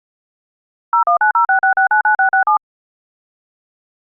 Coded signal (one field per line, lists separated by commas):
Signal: DTMF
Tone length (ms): 130 ms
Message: 01906967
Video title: EAS Scenario #4: Circuit City [HOLIDAY SPECIAL]